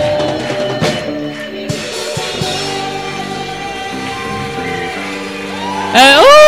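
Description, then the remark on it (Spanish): An audience raises a steady wash of shouts and joyful cries of victory and jubilation, praising God, over sustained musical tones, then bursts into louder, rising whoops at the very end. “Dale, dale tu mejor grito de victoria, de júbilo.”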